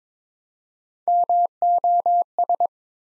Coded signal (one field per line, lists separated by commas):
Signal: Morse code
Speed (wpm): 22 wpm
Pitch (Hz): 700 Hz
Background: none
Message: MOS